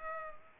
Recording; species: mosquito wingbeat signal from an infrared sensor; Culex pipiens